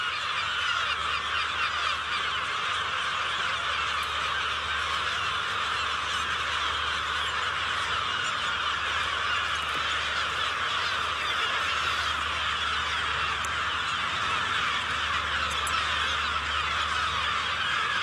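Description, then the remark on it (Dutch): A dense, unbroken chorus of problem gulls calling loudly over one another, a raucous wall of overlapping squawks and cries that holds steady from start to finish with no voices, from a Vroege Vogels report on NPO Radio 1. “Je hoort een verslag van Henny Radstaak voor Vroege Vogels over probleemmeeuwen.”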